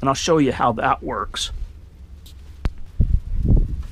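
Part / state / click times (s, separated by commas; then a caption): fold-down table top into its support leg bracket / seated / 2.7 s. Someone talks, then a fold-down art table top in a van is lowered onto its support legs and brackets. A single sharp click at 2.7 s marks the table locking into its support leg bracket, followed by a few softer low thumps as it settles.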